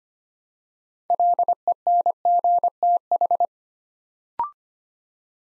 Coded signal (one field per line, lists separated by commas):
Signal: Morse code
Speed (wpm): 25 wpm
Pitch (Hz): 700 Hz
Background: none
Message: LENGTH